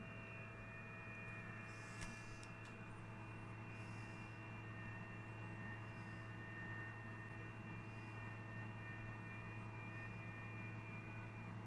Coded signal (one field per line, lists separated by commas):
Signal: FT8